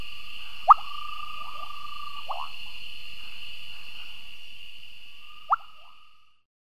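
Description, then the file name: Cochran's running frog giving a few short, upward-sweeping plop notes, spaced irregularly, over a steady high-pitched insect drone, all stopping before the end. "Kassina cochranae"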